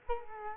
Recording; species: mosquito wingbeat signal from an infrared sensor; Culex quinquefasciatus